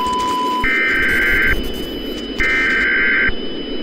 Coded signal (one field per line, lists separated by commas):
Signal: Emergency Alert System (SAME) tones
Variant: header bursts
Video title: The Waffle House Has Found A New Host EAS